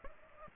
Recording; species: mosquito wingbeat signal from an infrared sensor; Aedes aegypti